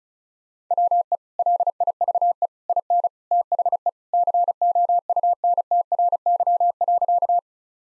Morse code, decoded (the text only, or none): WE LIVE IN THE COUNTRY.